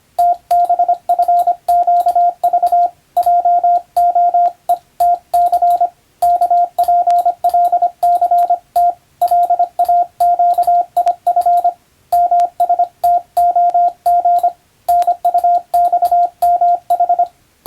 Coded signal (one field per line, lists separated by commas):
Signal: Morse code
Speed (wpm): 25 wpm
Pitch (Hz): 700 Hz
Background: radio noise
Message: TBFQV JOE TC KPLCT LAQIF MSTOG NUXMH